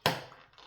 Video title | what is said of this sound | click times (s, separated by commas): j'ai recréé Simba LEGO en version géante grâce à l'impression 3D 🦁 | Si, ça s'emboîte. | 0.1 s